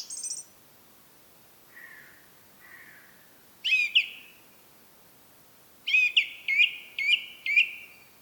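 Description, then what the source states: Song thrush song: a high thin note, soft low phrases, a sharp whistled phrase, then a similar phrase repeated several times in quick succession. Recorded at Rambjøra on 30 March 2023 with a Zoom recorder.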